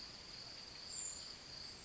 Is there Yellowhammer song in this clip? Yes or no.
no